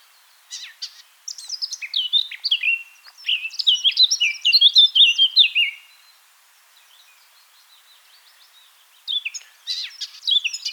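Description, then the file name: Eurasian blackcap song opening with quiet scratchy chatter, building into a rich run of loud whistled notes, then a pause before a fresh twittering phrase starts. "Sylvia atricapilla"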